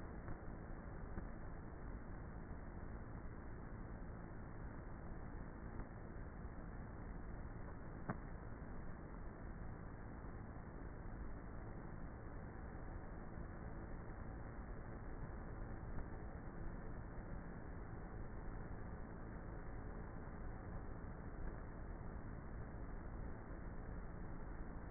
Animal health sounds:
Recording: honeybee colony, microphone inside the hive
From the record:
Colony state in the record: queenless with a low population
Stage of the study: before two queens were removed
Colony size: about 30,000 bees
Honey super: no

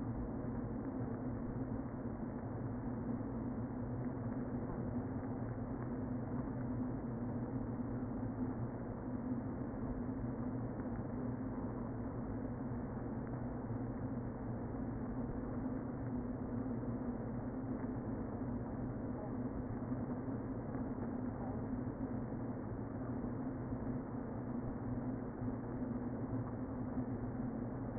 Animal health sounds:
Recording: honeybee colony, microphone inside the hive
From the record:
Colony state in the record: queen present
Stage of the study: before two queens were removed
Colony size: about 60,000 bees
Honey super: yes

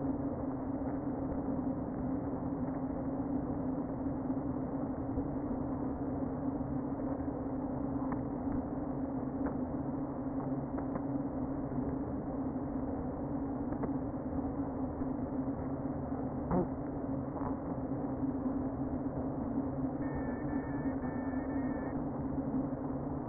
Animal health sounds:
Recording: honeybee colony, microphone inside the hive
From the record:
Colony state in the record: queen present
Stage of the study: before two queens were removed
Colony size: about 60,000 bees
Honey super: yes

